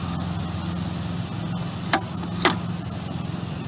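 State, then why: Seated. On an electric garden tiller, the wheel lock knob on the wheel bracket is pulled out and the bottom wheels are lifted over a steady low hum. Two sharp clicks sound at 1.9 s and 2.5 s as the lock snaps into place, and the wheels are locked.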